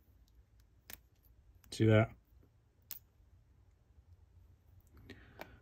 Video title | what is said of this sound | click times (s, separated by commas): SIG Sauer P226 X5 Legion complete disassembly & reassembly video | and clicks right into this groove here on the firing pin | 0.9 s